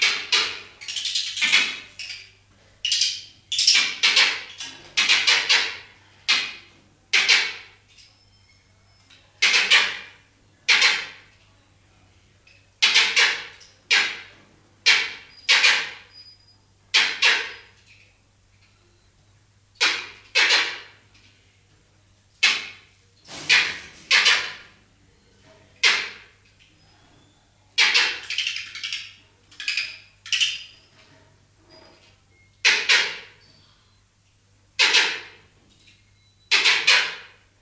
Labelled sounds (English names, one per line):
Malbrouck call